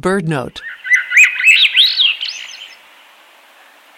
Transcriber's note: Song of the Swainson’s Thrush